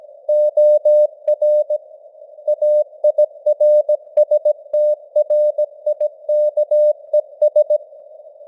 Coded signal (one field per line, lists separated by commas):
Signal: Morse code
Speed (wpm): 17 wpm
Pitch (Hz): 600 Hz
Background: none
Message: OR AIRSTRIKES